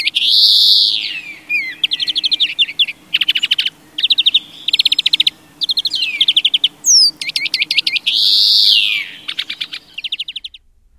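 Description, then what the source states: European greenfinch song: drawn-out nasal wheezes alternating with fast rattling trills and twittering notes, the buzzy wheeze returning near the end. Resident bird recorded on a late-winter day.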